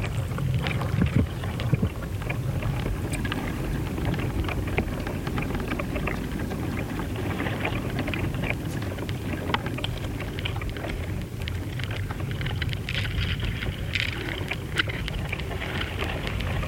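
Hidden sounds from the coastal dunes at Studland Nature Reserve: a dense, steady low rumble like wind buffeting runs throughout. Small crackles and sharp ticks scatter across it at irregular moments, a little busier near the start and around the middle.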